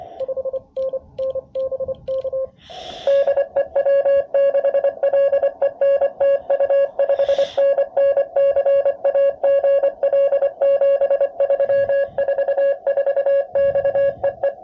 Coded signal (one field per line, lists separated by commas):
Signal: Morse code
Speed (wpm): 28 wpm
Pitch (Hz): 530 Hz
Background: music, radio noise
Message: 5NN BK DE W6LEN TU 5NN CA GL 73 44 X EE